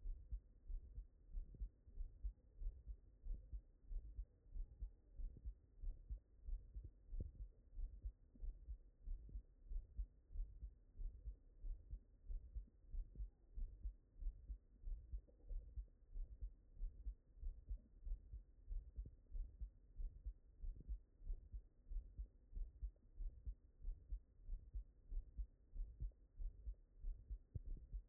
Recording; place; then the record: heart sounds by stethoscope; mitral valve (MV)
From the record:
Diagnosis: HFrEF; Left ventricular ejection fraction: 22%